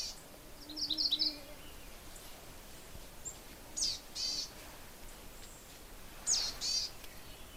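Boreal chickadee calls: a quick run of high thin notes, then two hoarse, buzzy drawled phrases a few seconds apart, over steady background hiss.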